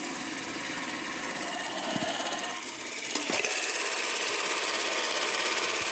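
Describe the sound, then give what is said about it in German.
The spring-wound motor of an old 16mm Keystone film camera from the 1940s runs with a steady, dense mechanical whir and fine rapid chatter, unbroken throughout, with a couple of faint clicks partway through. “Ja, liebe Hörer und Hörerinnen, falls ihr euch fragt, was das für ein Geräusch ist hier im Hintergrund, das ist der Motor bzw. das Federziehwerk einer alten 16mm Kamera, genau genommen einer Keystone-Kamera aus den 40er Jahren”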